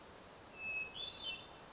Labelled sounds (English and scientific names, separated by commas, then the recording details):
Hermit Thrush (Catharus guttatus)
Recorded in Sonoma County, California